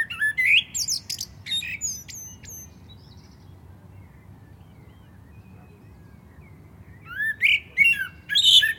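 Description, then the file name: Common blackbird song: high twittering notes close one phrase, a long quiet pause follows, then another phrase begins with fluty whistles and squeaky flourishes. "Turdus merula"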